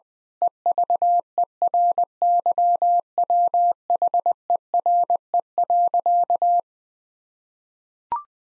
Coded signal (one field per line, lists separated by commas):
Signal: Morse code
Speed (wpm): 19 wpm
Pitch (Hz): 700 Hz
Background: none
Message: EVERYWHERE.